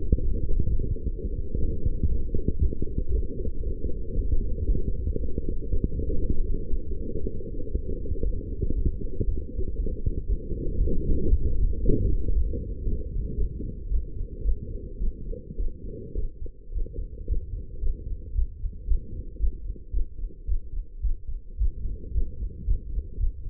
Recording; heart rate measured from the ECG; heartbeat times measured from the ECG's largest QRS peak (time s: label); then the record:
heart sounds by stethoscope; 114 bpm
0.50 s: heartbeat
1.03 s: heartbeat
1.55 s: heartbeat
2.07 s: heartbeat
2.59 s: heartbeat
3.11 s: heartbeat
3.63 s: heartbeat
4.15 s: heartbeat
4.66 s: heartbeat
5.17 s: heartbeat
5.69 s: heartbeat
6.20 s: heartbeat
6.71 s: heartbeat
7.21 s: heartbeat
7.72 s: heartbeat
8.23 s: heartbeat
8.74 s: heartbeat
9.25 s: heartbeat
9.76 s: heartbeat
10.27 s: heartbeat
10.79 s: heartbeat
11.29 s: heartbeat
11.81 s: heartbeat
12.33 s: heartbeat
12.84 s: heartbeat
13.36 s: heartbeat
13.89 s: heartbeat
14.43 s: heartbeat
14.98 s: heartbeat
15.57 s: heartbeat
16.14 s: heartbeat
16.71 s: heartbeat
17.27 s: heartbeat
17.80 s: heartbeat
18.33 s: heartbeat
18.85 s: heartbeat
19.38 s: heartbeat
19.91 s: heartbeat
20.46 s: heartbeat
21.01 s: heartbeat
21.57 s: heartbeat
22.12 s: heartbeat
22.65 s: heartbeat
23.18 s: heartbeat
From the record:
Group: healthy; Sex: female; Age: 19 years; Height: 163 cm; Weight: 51 kg